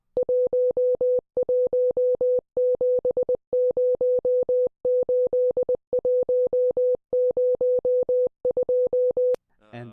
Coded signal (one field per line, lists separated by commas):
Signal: Morse code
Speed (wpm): 20 wpm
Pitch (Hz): 500 Hz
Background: speech, music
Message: 11708102